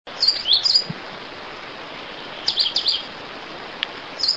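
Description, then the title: Coal-crested finch song: short, thin, high twittering phrases, two close together near the start, a few more in the middle and another at the end, over a steady background hiss. "LuckyPassaro Completos2Sama. Coal-crested Finch (Charitospiza eucosma)"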